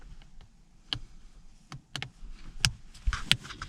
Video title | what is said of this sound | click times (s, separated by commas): Mustang LED Interior Lights (2015-) | to make sure you hear - clicks - okay and | 2.6 s, 3.3 s